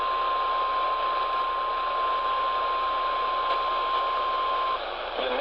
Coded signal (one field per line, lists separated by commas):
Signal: Emergency Alert System (SAME) tones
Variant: 1050 Hz attention tone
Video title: Eas OHX svr on wlac 1510am Eas#704